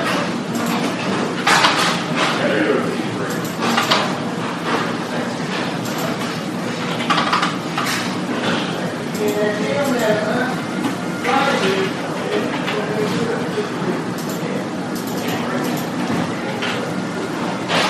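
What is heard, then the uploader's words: Hospital emergency room with a steady din of overlapping voices, low constant hum, and frequent short bright clatters and thumps throughout. Hospital Emergency Room.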